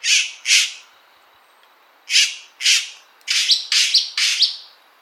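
Bird giving sharp, high chirping calls in short groups: two notes, a pause, two more, then three quicker notes with brief whistled tones, on a quiet background.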